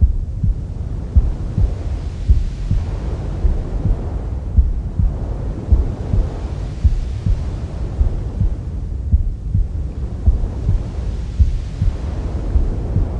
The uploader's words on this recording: Womb sounds for easy baby sleep.